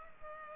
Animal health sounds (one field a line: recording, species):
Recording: mosquito wingbeat signal from an infrared sensor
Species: Culex pipiens